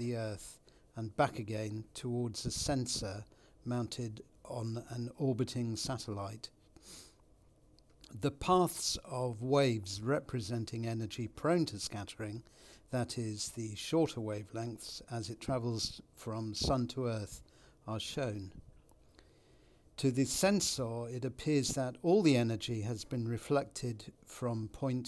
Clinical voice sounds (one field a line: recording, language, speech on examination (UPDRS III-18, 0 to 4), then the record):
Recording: text read into a phone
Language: English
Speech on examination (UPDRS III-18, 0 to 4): 0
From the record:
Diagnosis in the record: Parkinson's disease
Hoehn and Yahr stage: 2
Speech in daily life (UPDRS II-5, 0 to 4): 0